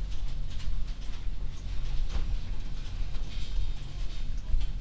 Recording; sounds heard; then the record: poultry house recording; no chicken sound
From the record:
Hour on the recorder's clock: 20